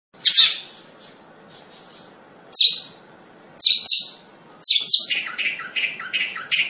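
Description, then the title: Long-tailed shrike song: a few separate sharp, descending squeaky notes with pauses between, then a rapid burst of chattering chirps at the end. Singing lively (gacor). "Cendet Gacor"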